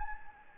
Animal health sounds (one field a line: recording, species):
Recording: mosquito wingbeat signal from an infrared sensor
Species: Anopheles gambiae